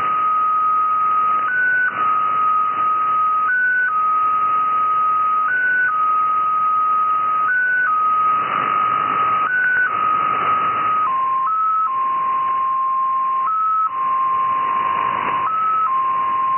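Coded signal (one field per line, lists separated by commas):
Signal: multi-tone FSK (Olivia or MFSK type)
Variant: XPA2, 7.5 baud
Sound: steady whistle-like tone jumping briefly higher about every two seconds, over hiss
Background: radio static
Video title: XPA2 Number Station, SVR Russia, Null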